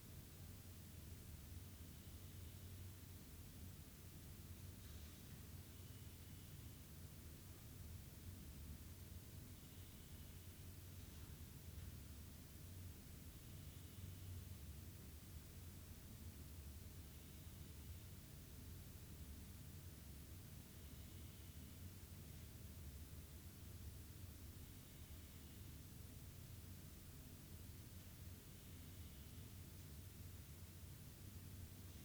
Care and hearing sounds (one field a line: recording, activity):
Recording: daily activity, guitar pickup as the sensor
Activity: sit